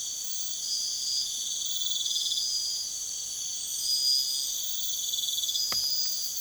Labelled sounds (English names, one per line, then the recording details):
none
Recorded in secondary vegetation near Puerto Asís, Putumayo, Colombia, on 24 June 2025
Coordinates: 0.488, -76.319
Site G094